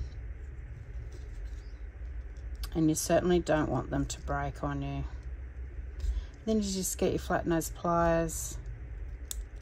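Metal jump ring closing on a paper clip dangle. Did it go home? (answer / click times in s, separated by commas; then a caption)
yes / 9.3 s. Someone talks while a small metal jump ring on a paper clip dangle is twisted closed with two flat-nose pliers. The ends meet with no gap, and the ring clicks closed with a sharp click at 9.3 s.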